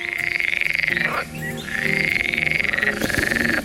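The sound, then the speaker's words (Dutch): Frogs croak in a steady, rapid pulsing trill, fairly high-pitched and loud. The buzzing call breaks off briefly partway through, then resumes just as strongly, with no voices. “Of hij zo klinkt weten we niet, maar we weten wel hoe hij heet.”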